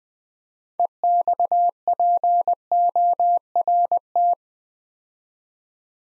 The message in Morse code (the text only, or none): EXPORT